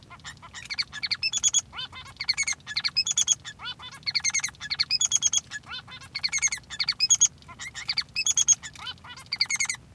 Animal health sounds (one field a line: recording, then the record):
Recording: song of a male Bengalese finch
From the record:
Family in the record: son of father 3